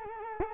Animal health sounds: mosquito wingbeat signal from an infrared sensor; Culex quinquefasciatus

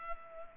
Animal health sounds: mosquito wingbeat signal from an infrared sensor; Culex pipiens

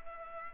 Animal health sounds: mosquito wingbeat signal from an infrared sensor; Culex pipiens

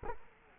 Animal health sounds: mosquito wingbeat signal from an infrared sensor; Culex quinquefasciatus

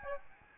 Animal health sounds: mosquito wingbeat signal from an infrared sensor; Aedes albopictus

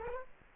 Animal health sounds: mosquito wingbeat signal from an infrared sensor; Culex quinquefasciatus

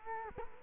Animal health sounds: mosquito wingbeat signal from an infrared sensor; Culex quinquefasciatus

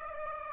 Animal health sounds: mosquito wingbeat signal from an infrared sensor; Aedes aegypti

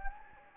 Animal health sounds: mosquito wingbeat signal from an infrared sensor; Anopheles gambiae

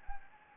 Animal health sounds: mosquito wingbeat signal from an infrared sensor; Anopheles arabiensis

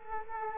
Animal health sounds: mosquito wingbeat signal from an infrared sensor; Culex quinquefasciatus

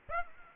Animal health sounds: mosquito wingbeat signal from an infrared sensor; Aedes aegypti

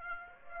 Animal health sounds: mosquito wingbeat signal from an infrared sensor; Aedes aegypti

